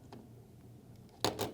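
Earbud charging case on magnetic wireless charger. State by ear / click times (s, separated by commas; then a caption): not seated / none. On a second try, a counterfeit plastic Apple AirPods Pro 2 earbud charging case is placed on a magnetic wireless charger, giving a faint tick near the start and then two sharp contact knocks at about 1.2 and 1.4 seconds. There is no magnetic snap, and the case has not clicked onto the charger.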